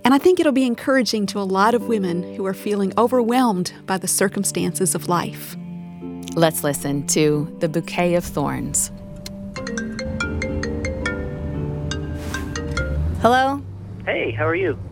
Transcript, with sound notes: I think it will be encouraging to a lot of women who are feeling overwhelmed by the circumstances of life.
Let’s listen to “The Bouquet of Thorns.”
(Phone Rings) Hello.
Hey, how are you?